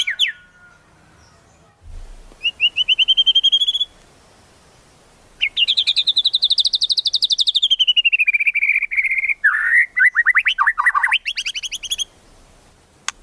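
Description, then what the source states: White-rumped shama song: a brief rising trill, then a long rapid rattling phrase sliding downward into varied whistled and churring notes. Used as a trapping lure.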